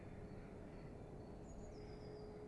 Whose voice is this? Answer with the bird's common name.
Great Tit